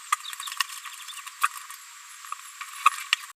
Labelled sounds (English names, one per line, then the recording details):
Green-rumped Parrotlet babbling
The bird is a female
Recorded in a nest box in Venezuela
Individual 17B73B3